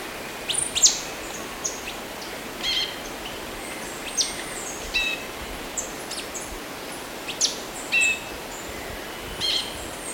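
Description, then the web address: Orange-bellied euphonia calls: brief high chips and thin notes spaced irregularly, roughly every second or two, over a steady hiss. Ecuador. "Natures Songs S America Birds of Ecuador Orange-bellied Euphonia"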